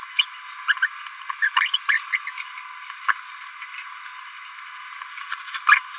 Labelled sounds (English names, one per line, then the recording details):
Green-rumped Parrotlet babbling
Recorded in a nest box in Venezuela
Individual 18B17A3